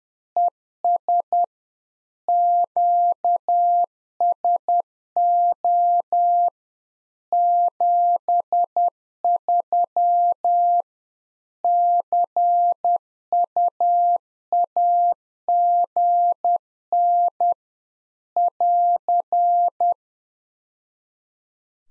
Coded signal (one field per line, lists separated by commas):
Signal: Morse code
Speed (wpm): 10 wpm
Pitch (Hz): 700 Hz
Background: none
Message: ES QSO 73 CUAGN <AR>